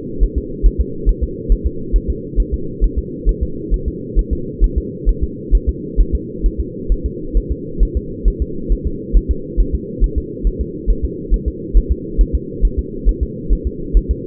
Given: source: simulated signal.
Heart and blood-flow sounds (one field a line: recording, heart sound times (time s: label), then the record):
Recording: fetal heart sounds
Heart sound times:
0.24 s: S1
0.38 s: S2
0.66 s: S1
0.81 s: S2
1.09 s: S1
1.23 s: S2
1.52 s: S1
1.67 s: S2
1.96 s: S1
2.10 s: S2
2.40 s: S1
2.54 s: S2
2.84 s: S1
2.98 s: S2
3.29 s: S1
3.43 s: S2
3.74 s: S1
3.88 s: S2
4.19 s: S1
4.33 s: S2
4.64 s: S1
4.78 s: S2
5.09 s: S1
5.23 s: S2
5.55 s: S1
5.69 s: S2
6.00 s: S1
6.15 s: S2
6.46 s: S1
6.60 s: S2
6.92 s: S1
7.06 s: S2
7.37 s: S1
7.52 s: S2
7.83 s: S1
7.97 s: S2
8.28 s: S1
8.42 s: S2
8.72 s: S1
8.87 s: S2
9.17 s: S1
9.31 s: S2
9.60 s: S1
9.75 s: S2
10.04 s: S1
10.18 s: S2
10.47 s: S1
10.61 s: S2
10.90 s: S1
11.05 s: S2
11.34 s: S1
11.48 s: S2
11.77 s: S1
11.92 s: S2
12.21 s: S1
12.35 s: S2
12.65 s: S1
12.79 s: S2
13.09 s: S1
13.23 s: S2
13.53 s: S1
13.67 s: S2
13.97 s: S1
14.11 s: S2
From the record:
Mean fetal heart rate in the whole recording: 135 bpm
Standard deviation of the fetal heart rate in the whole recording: 3 bpm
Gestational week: 36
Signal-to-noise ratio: -4.3 dB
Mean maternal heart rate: 72 bpm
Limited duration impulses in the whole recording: present